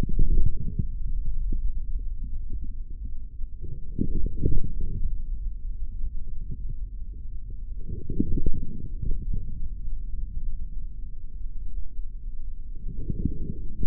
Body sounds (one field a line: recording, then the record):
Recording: forearm muscle sounds (acoustic myography)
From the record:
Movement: forearm pronation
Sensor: system 3, bracelet of six PUI Audio POM-2738L microphones around the upper forearm, with dedicated amplification and filtering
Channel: 2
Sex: male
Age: 25 years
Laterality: right